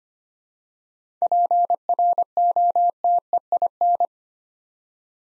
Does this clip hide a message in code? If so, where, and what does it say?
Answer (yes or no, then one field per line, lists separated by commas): yes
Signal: Morse code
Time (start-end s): 1.2-4.1 s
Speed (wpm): 25 wpm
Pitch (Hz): 700 Hz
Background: none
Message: PROTEIN